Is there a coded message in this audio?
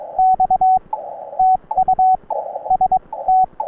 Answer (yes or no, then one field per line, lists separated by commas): yes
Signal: Morse code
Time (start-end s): 0.2-3.4 s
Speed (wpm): 22 wpm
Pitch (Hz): 750 Hz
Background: radio noise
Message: X TU ST